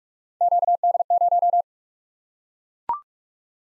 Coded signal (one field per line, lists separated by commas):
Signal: Morse code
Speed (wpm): 44 wpm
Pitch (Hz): 700 Hz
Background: none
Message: QD0